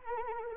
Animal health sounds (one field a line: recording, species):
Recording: mosquito wingbeat signal from an infrared sensor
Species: Anopheles arabiensis